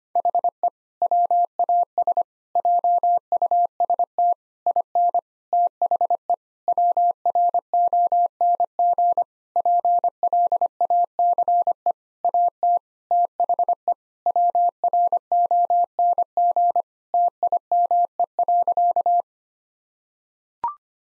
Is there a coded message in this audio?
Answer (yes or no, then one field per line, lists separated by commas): yes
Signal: Morse code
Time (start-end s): 0.2-19.2 s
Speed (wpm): 25 wpm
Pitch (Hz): 700 Hz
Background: none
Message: HE WAS JUST IN THE WRONG PLACE AT THE WRONG TIME.